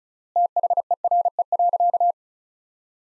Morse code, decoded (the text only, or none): THERE.